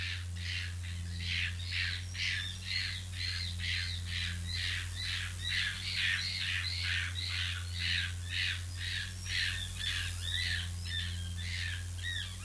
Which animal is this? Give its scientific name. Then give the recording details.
Cebus apella. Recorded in captivity. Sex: group. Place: Zoo Münster, Nordrhein-Westfalen, DE. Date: 1988-10-04 12:59. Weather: overcast, 14°C. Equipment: Sony WM-D6C, Kopie Uher. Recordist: Tembrock, Günter. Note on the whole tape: Gehaubter Kapuziner. Großgruppe: agonistische Pfeiflaute